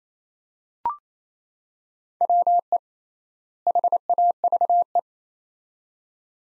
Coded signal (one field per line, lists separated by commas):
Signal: Morse code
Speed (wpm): 28 wpm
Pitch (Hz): 700 Hz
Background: none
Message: WE HAVE